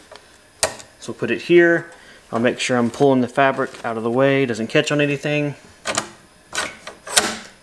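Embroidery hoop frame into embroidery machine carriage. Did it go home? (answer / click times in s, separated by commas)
yes / 7.2 s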